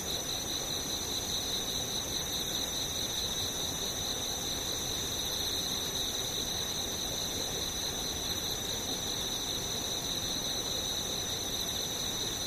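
Insects keep up a steady, shrill drone at two bright, high pitches that never break or change over the whole twelve seconds. Beneath it runs a constant low, rough rumble, and the overall loudness stays even throughout.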